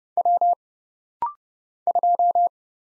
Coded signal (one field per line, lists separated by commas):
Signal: Morse code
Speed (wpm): 30 wpm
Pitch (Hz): 700 Hz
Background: none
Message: W 2